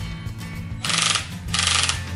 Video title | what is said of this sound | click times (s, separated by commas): 工具 - 如何使用电钻？钻孔和上螺丝爽片 | 数字越小产生的扭力就会越小当超过电钻设定的扭力电钻就会空转发出咔咔的声音 | 0.8 s, 1.5 s, 1.9 s